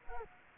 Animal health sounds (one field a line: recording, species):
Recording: mosquito wingbeat signal from an infrared sensor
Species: Culex quinquefasciatus